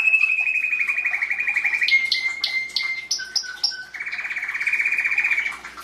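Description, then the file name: Canary song in tours: a steady rolling trill, a clear held whistle, short choppy high notes, a few low piping notes, then another fast rolling trill. "Canary Voice"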